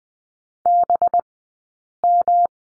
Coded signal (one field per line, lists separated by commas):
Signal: Morse code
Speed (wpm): 20 wpm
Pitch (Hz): 700 Hz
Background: none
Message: BM